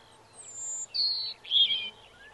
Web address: Bird Song Site Robin - Rouge Gorge